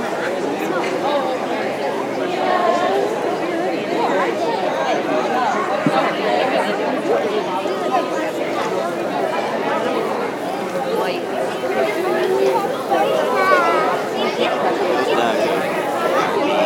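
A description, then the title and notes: Crowd noise at an outdoor fair: many voices talking at once, a dense, steady babble with no single speaker standing out. The level stays even throughout, with brief brighter voice fragments and laughter-like rises poking through around the middle and end. Outside at the Fair.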